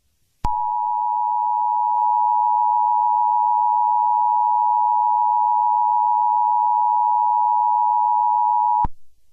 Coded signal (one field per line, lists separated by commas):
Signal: Emergency Alert System (SAME) tones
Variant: 853 and 960 Hz attention tone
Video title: Alien EAS